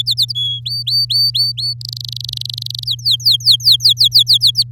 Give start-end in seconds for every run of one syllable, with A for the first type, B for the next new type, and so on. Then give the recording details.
0.00-0.33 A, 0.35-0.60 B, 0.65-1.74 C, 1.81-2.84 D, 2.85-4.63 E. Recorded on 8 May 2018 at 10:38. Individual llb16